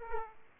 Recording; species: mosquito wingbeat signal from an infrared sensor; Aedes aegypti